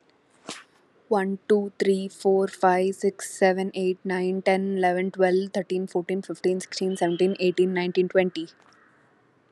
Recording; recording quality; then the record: counting at a fast pace; excellent, no background noise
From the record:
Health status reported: healthy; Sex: female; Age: 26 years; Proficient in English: yes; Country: India